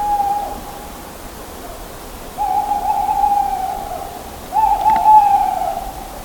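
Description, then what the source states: Owl hooting three times, each note steady and level, about two seconds apart. Recorded at 19:27.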